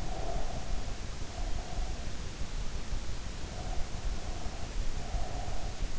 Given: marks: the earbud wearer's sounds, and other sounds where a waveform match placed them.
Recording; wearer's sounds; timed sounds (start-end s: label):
sounds in sleep by an in-ear microphone; breath
0.00-2.14 s: breath
3.44-5.78 s: breath